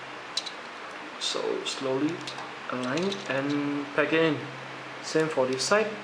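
A plastic peg is slowly aligned with a hole on a transforming robot model and packed in, with a short sharp click at 0.4 s as it seats. Someone talks throughout.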